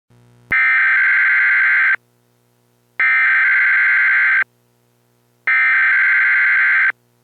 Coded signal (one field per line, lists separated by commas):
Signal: Emergency Alert System (SAME) tones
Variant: header bursts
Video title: EAS MOCK - Los Angeles Assault